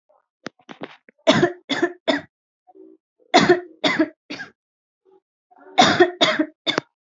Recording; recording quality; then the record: shallow voluntary cough; excellent, no background noise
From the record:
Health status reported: healthy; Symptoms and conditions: none ticked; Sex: female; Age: 21 years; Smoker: not ticked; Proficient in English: yes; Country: India